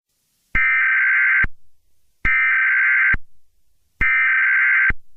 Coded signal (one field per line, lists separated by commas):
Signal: Emergency Alert System (SAME) tones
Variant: header bursts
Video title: Eas scenario 4: I-ready characters attack